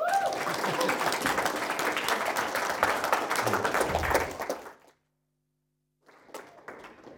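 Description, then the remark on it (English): A crowd at a FAQ night bursts into loud, dense applause with a brief cheer at the start, clapping steadily for about five seconds before cutting off, then a quieter patch of clapping resumes. “I think we should have a wee cheer for Rick and Rick.”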